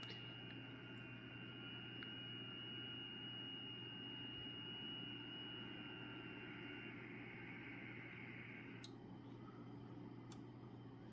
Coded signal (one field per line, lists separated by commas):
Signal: FT8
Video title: Heres how I ft8 now. ham radio digital qrp